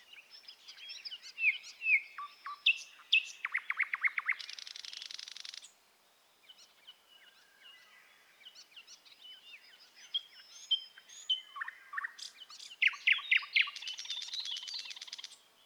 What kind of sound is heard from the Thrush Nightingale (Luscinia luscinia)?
song